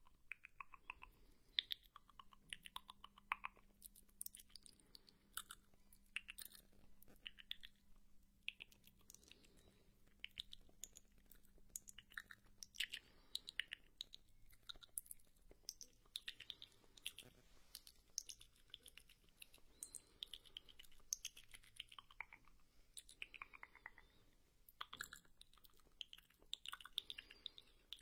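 Mouth sounds of someone eating snacks, with dense, irregular crackles, clicks and wet smacks running through the whole clip. The crisp bursts are bright and come in quick clusters. A faint low steady hum sits underneath for the first dozen seconds.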